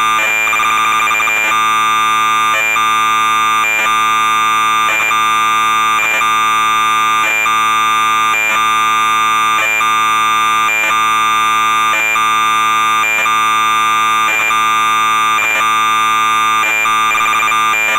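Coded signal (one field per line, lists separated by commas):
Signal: computer data on cassette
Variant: MSX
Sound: harsh buzzy steady tone with harmonics, broken by short crackly data bursts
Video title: MSX VG-8020 - SPITFIRE 40 - Cassette Tape Loading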